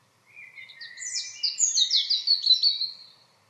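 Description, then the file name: European robin song phrase: a soft thin opening note followed by a rapid cascade of high, tinkling, twittering notes that fades out. "Erithacus rubecula"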